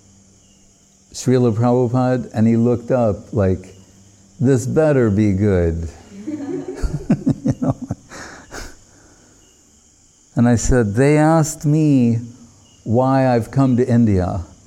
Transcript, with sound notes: “ Śrīlā Prabhupāda...” And he looked up like, ”This better be good.” [laughing] And I said, “They asked me, why I've come to India.”